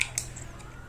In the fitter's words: dirasa sudah tepat kita tinggal tekan ya sampai berbunyi klik dan